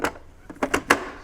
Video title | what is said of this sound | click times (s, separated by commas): Testing a Cuisinart Soft Serve Ice Cream Maker I Saw Online! | just locks into place | 0.9 s